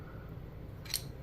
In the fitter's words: just let you pop it right down into place.